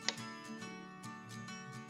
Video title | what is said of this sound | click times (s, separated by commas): X-9 Power Chair By ComfyGo Assembly and Installation Guide [2024] | let's take our power supply the two reds here and connect those you'll hear a nice click here | 0.1 s